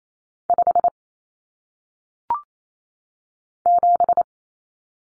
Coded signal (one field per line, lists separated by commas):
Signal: Morse code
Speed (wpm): 28 wpm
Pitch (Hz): 700 Hz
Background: none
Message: 5 7